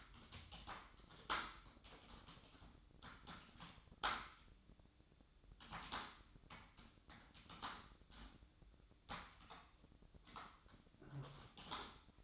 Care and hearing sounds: daily activity, microphone in the room; typing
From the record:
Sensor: 3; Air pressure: 1007.6 hPa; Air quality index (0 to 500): 60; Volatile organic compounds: 1 ppm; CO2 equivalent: 611 ppm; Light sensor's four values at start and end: 10/24/10/10 and 10/23/10/10

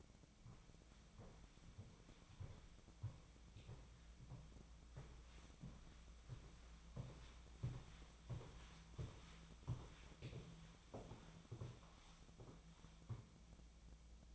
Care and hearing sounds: daily activity, microphone in the room; walk to room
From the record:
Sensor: 1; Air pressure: 1010.1 hPa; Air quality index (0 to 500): 183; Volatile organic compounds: 15 ppm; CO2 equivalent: 2520 ppm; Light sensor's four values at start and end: 41/104/43/53 and 39/100/42/52

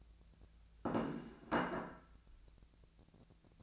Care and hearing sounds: daily activity, microphone in the room; place plate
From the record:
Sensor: 2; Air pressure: 1000.0 hPa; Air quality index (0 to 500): 135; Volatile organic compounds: 2 ppm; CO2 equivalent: 1149 ppm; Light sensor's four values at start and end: 23/58/25/27 and 23/59/25/27

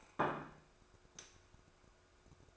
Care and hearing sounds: daily activity, microphone in the room; place plate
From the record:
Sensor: 2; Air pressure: 1004.2 hPa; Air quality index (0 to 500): 189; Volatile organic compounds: 11 ppm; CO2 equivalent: 2266 ppm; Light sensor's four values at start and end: 4/9/3/3 and 4/9/3/3

